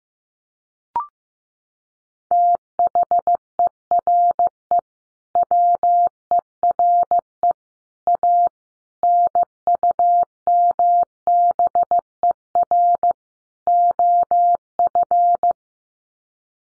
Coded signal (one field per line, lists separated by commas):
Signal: Morse code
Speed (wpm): 15 wpm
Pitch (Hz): 700 Hz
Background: none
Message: THERE WERE A NUMBER OF